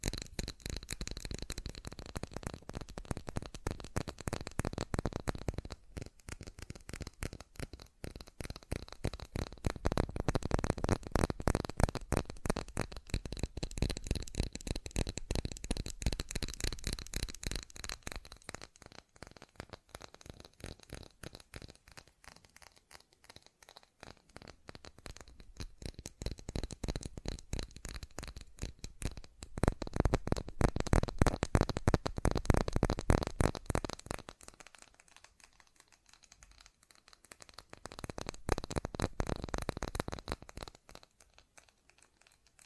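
Fast tapping runs throughout in dense, rapid strokes, crisp and papery, with a crinkling, tearing texture. It swells louder around 10–13 seconds and again near 26 and 30–34 seconds, thins out briefly around 35 seconds, then picks back up.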